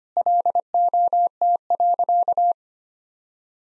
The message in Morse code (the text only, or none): LOT.